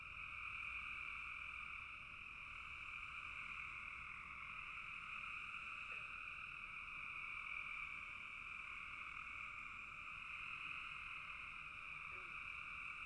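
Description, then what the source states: Many frogs calling together in a constant trilling chorus, with higher and lower bands of sound running without pause. Several frogs calling in a bog.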